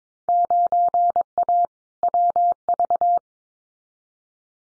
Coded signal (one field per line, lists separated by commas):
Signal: Morse code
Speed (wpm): 22 wpm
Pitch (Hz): 700 Hz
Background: none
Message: 9A WV